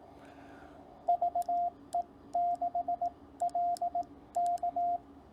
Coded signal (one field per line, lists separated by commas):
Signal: Morse code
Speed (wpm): 18 wpm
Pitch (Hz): 700 Hz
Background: radio noise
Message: VE6LK